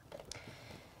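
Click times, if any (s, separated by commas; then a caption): 0.3 s. A blind hem presser foot is slid under the presser foot holder of a SINGER PROFESSIONAL 9100 sewing machine, and the holder is gently lowered onto it. A soft knock is heard at 0.1 s, followed by a sharp, short click at 0.3 s as the foot snaps into place and seats.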